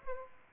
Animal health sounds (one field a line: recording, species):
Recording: mosquito wingbeat signal from an infrared sensor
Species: Aedes aegypti